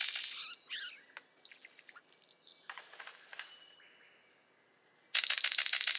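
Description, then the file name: Golden bowerbird giving a jumble of high chirps and slurred notes, then scattered clicks, ending in a sudden loud buzzy rattle. "Prionodura Newtoniana"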